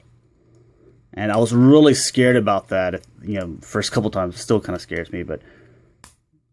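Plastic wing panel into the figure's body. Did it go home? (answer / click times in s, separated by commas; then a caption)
yes / 6.0 s. Someone talks while pushing the second plastic wing panel of a Transformers Masterpiece MP-20 Wheeljack figure in from the back. At 6.0 s the tight-fitting panel snaps home into the figure's body with a short, sharp pop.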